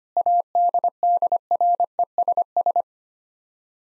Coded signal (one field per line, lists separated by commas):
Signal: Morse code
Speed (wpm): 25 wpm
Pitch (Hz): 700 Hz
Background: none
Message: ADDRESS